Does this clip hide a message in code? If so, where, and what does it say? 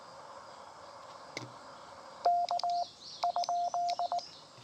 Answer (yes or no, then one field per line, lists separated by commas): yes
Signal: Morse code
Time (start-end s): 2.3-4.2 s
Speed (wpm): 19 wpm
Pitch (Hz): 700 Hz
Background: none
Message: K ?